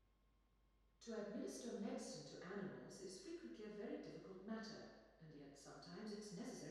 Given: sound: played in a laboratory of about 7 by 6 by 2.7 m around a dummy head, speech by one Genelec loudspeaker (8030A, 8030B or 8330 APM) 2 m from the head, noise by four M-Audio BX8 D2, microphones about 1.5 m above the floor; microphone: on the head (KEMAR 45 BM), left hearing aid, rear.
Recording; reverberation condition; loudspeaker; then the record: female speech in English; high; 120 degrees to the right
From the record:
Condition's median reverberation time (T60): about 1300 ms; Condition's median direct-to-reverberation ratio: about -4.0 dB